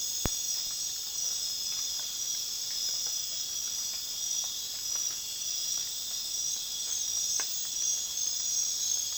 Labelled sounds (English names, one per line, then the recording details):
none
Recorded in dense forest near Puerto Asís, Putumayo, Colombia, on 19 June 2025 at 22:30
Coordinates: 0.466, -76.327
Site GP04